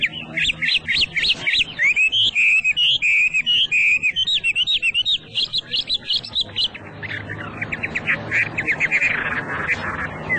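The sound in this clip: Hwamei song: fast varied whistles and warbled notes in dense runs, followed by a buzzy rapid trill, with low hum in the background.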